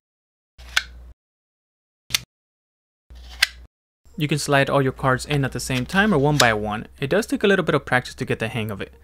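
Blank cards are slid into the card slot of an AKEENi XSTO metal minimalist EDC wallet, which holds up to eight cards and loads from both sides. Three sharp clicks are heard at 0.8, 2.2 and 3.4 seconds as each card snaps into place. From about 4 seconds on, someone talks.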